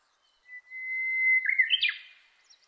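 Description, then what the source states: Japanese bush warbler song: a long, steady whistled note, then a quick rising and falling flourish to finish. Recorded 30 April 2005.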